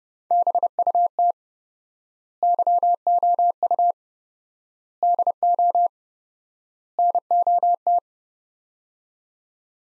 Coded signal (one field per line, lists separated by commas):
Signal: Morse code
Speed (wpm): 30 wpm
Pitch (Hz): 700 Hz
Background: none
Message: BUT YOU DO NOT